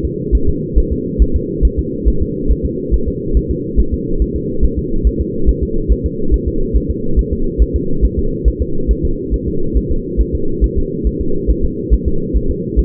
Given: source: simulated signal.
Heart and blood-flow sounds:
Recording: fetal heart sounds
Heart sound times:
0.05 s: S2
0.35 s: S1
0.49 s: S2
0.78 s: S1
0.92 s: S2
1.22 s: S1
1.36 s: S2
1.65 s: S1
1.79 s: S2
2.08 s: S1
2.22 s: S2
2.51 s: S1
2.66 s: S2
2.94 s: S1
3.08 s: S2
3.37 s: S1
3.51 s: S2
3.80 s: S1
3.94 s: S2
4.22 s: S1
4.36 s: S2
4.65 s: S1
4.79 s: S2
5.07 s: S1
5.21 s: S2
5.49 s: S1
5.63 s: S2
5.92 s: S1
6.06 s: S2
6.34 s: S1
6.48 s: S2
6.77 s: S1
6.91 s: S2
7.19 s: S1
7.33 s: S2
7.62 s: S1
7.76 s: S2
8.05 s: S1
8.19 s: S2
8.48 s: S1
8.62 s: S2
8.91 s: S1
9.05 s: S2
9.34 s: S1
9.48 s: S2
9.77 s: S1
9.92 s: S2
10.21 s: S1
10.35 s: S2
10.64 s: S1
10.78 s: S2
11.07 s: S1
11.21 s: S2
11.50 s: S1
11.65 s: S2
11.94 s: S1
12.08 s: S2
12.37 s: S1
12.51 s: S2
12.79 s: S1
From the record:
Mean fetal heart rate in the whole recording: 140 bpm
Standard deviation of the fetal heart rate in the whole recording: 2 bpm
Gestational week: 34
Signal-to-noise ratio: -8.1 dB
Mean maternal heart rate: 72 bpm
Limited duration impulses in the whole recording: absent

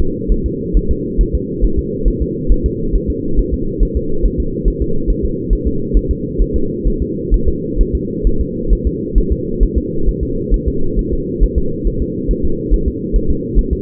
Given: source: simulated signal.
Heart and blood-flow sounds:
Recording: fetal heart sounds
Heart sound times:
0.00 s: S2
0.32 s: S1
0.46 s: S2
0.77 s: S1
0.91 s: S2
1.21 s: S1
1.35 s: S2
1.64 s: S1
1.79 s: S2
2.08 s: S1
2.22 s: S2
2.52 s: S1
2.66 s: S2
2.95 s: S1
3.10 s: S2
3.39 s: S1
3.54 s: S2
3.83 s: S1
3.97 s: S2
4.25 s: S1
4.40 s: S2
4.68 s: S1
4.82 s: S2
5.10 s: S1
5.25 s: S2
5.53 s: S1
5.67 s: S2
5.97 s: S1
6.11 s: S2
6.41 s: S1
6.56 s: S2
6.88 s: S1
7.02 s: S2
7.34 s: S1
7.48 s: S2
7.81 s: S1
7.95 s: S2
8.27 s: S1
8.41 s: S2
8.73 s: S1
8.87 s: S2
9.18 s: S1
9.32 s: S2
9.63 s: S1
9.78 s: S2
10.09 s: S1
10.23 s: S2
10.54 s: S1
10.68 s: S2
10.99 s: S1
11.13 s: S2
11.43 s: S1
11.58 s: S2
11.87 s: S1
12.02 s: S2
12.31 s: S1
12.45 s: S2
12.74 s: S1
12.88 s: S2
13.16 s: S1
13.31 s: S2
13.59 s: S1
13.73 s: S2
From the record:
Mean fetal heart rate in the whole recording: 135 bpm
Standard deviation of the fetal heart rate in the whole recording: 3 bpm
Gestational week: 36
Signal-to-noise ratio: -8.1 dB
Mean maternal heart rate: 72 bpm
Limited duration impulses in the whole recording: absent

